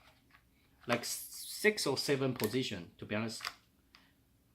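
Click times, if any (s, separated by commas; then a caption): 3.9 s. Someone talks while adjusting the 3D-printed adjustable cheek riser, which has six or seven positions, on a rifle stock adapter for a SCAR. A short, sharp tick at 3.9 s, right after the talking stops, is the riser locking into a detent. It clicks into position and is seated.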